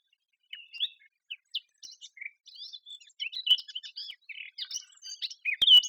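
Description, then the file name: Eurasian blackcap song, a scratchy, varied warble of quick high chirps and twitters, growing denser and louder toward the end. "Sylvia atricapilla"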